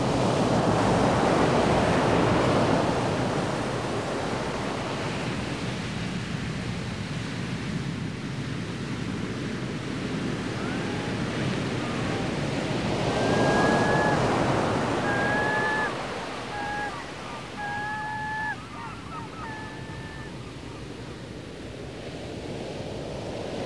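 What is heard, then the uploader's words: Ocean surf rushes in a dense, steady wash, swelling loudest at the start and again around the thirteen-second mark before easing off. From about 13 to 21 seconds, a series of short, thin whistling calls, possibly a bird, sounds over the waves. Peaceful ocean surf.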